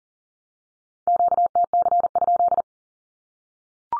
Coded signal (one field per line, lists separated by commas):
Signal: Morse code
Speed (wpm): 40 wpm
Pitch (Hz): 700 Hz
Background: none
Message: QTC?